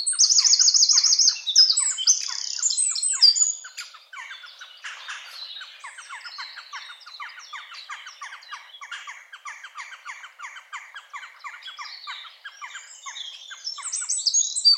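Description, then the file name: Eurasian wren singing a loud, high, rapid burst of trills and twitters, followed by fainter busy chirping, then louder again at the end. "Troglodytes troglodytes"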